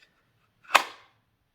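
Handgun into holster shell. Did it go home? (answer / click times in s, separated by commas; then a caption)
yes / 0.8 s. A handgun is pushed back into a polymer holster shell and snaps into its retention with one sharp, bright click at 0.8 seconds. The click fades quickly, and the pistol ends up seated in the holster.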